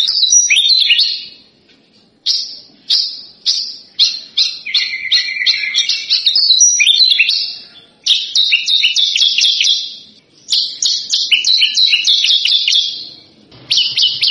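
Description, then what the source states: Javan bush lark song in bursts separated by short pauses, each burst a quick string of sharp chirps and buzzy notes with some lower, drawn-out phrases mixed in. Lure recording played to prompt birds to sing; described as gacor, meaning singing vigorously and persistently.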